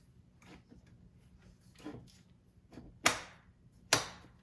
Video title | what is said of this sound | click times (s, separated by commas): Installing and Removing a Britax One4Life ClickTight All-in-One Carseat Anti-Rebound Bar (ARB) | place it in here you're going to listen for two clicks | 3.1 s, 3.9 s